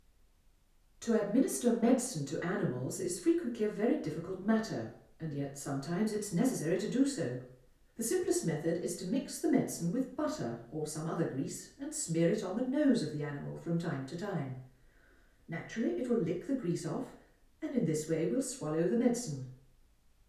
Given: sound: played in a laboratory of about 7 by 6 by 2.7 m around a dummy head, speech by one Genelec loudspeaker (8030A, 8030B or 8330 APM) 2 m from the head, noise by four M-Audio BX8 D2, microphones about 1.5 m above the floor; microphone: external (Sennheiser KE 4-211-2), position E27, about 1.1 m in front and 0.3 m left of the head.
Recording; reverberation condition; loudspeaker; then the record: female speech in English; medium; 150 degrees to the right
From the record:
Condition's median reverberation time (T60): about 510 ms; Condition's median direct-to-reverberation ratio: about -0.5 dB